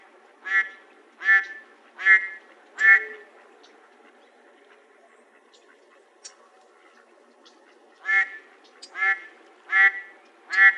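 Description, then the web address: Mallard quacking in two bursts of four harsh nasal quacks, roughly one per second, separated by a pause of several seconds, over a steady low hum. "Ducks Geese Swans MALL deviche"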